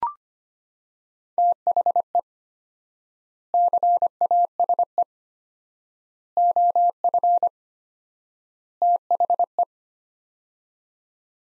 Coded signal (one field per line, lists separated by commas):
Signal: Morse code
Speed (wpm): 25 wpm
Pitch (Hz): 700 Hz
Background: none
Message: THE CASE OF THE